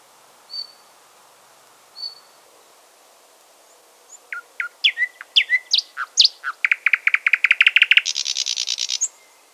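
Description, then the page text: Thrush nightingale song opening with two soft high whistles, then a burst of varied sharp notes building into a rapid loud clicking rattle and a final harsh buzz. "Thrush Nightingale Song. Quick Sounds"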